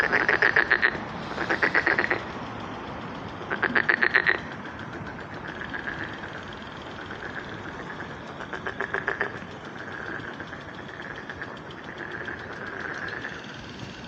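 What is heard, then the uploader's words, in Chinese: Frogs croak from a spring pond in the evening. Loud bursts of rapid, rattling calls come at about 0, 1.5, 3.5 and 8.5 seconds. Between them, a softer chorus of calls continues, over a steady low rumble. 春日晚塘蛙鸣。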